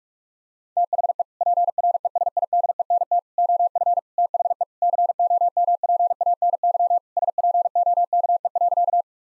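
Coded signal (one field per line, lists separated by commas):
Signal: Morse code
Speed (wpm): 46 wpm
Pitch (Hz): 700 Hz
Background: none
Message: THE PRESIDENT OF THE COMPANY SPOKE.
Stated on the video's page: Morse practice sentences of common three-word phrases at 45 wpm, each sent, spoken, then sent again.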